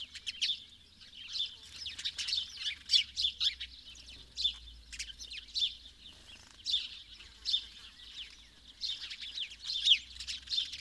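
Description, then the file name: House sparrow chirps, many short bright notes in an uneven, busy chatter throughout, with a faint low hum underneath. "Passer domesticus"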